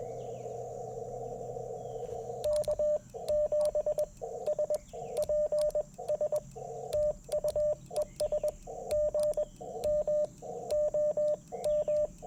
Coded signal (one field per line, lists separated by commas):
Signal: Morse code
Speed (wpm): 21 wpm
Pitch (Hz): 600 Hz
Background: radio noise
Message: K7SPS TU ES GM OM